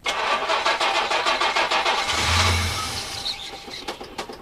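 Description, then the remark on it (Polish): A snow-covered car's engine cranks in freezing winter cold with a fast, steady chugging of the starter for about two seconds, then a brief low rumble as it nearly catches before the sound fades unevenly. “Jak odpali, to jeszcze jest dobrze.”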